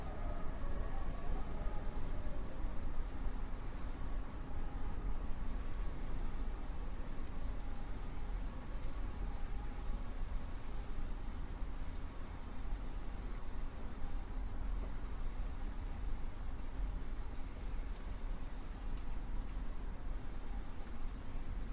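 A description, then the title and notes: Wind blows in a steady, dense roar that stays heavy in the low end for the whole stretch, with little rise or fall. Faint whistling tones sit above the rumble, and a few soft clicks and ticks turn up now and then. Howling Winds. This immersive audio track captures the eerie and haunting sound of winds as they blow through trees, buildings, and across landscapes.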